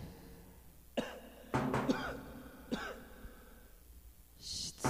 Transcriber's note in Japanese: 咳き込む